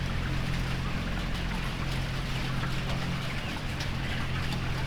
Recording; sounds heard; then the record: poultry house recording; healthy chickens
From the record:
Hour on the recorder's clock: 19